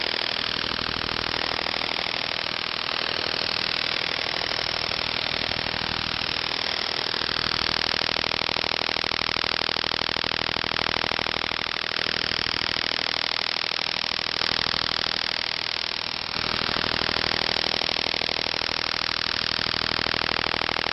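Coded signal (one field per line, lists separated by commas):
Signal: radar signal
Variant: over-the-horizon radar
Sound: steady harsh rasping buzz of fast repeating pulses, like an idling engine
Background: radio static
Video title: Signals of Over The Horizon Radars OTH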